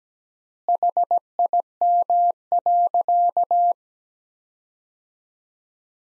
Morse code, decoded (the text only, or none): HIM.